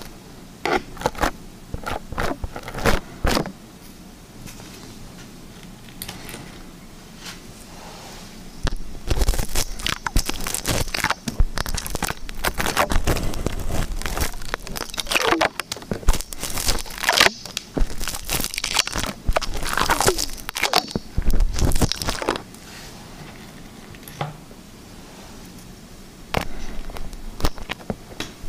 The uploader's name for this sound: Liquid Slime ASMR